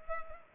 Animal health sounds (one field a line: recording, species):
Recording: mosquito wingbeat signal from an infrared sensor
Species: Culex pipiens